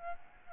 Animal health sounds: mosquito wingbeat signal from an infrared sensor; Aedes albopictus

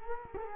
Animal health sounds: mosquito wingbeat signal from an infrared sensor; Culex quinquefasciatus

